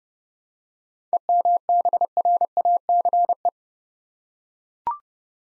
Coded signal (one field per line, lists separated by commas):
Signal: Morse code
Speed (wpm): 29 wpm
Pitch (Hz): 700 Hz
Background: none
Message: EMBRACE